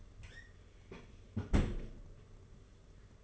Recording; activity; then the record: daily activity, microphone in the room; close fridge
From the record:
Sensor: 4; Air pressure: 991.8 hPa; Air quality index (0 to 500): 106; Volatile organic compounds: 15 ppm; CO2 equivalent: 2514 ppm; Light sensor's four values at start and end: 19/63/23/23 and 19/64/24/24